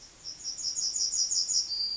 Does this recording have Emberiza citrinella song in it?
yes